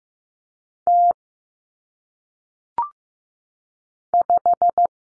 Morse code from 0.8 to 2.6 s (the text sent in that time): T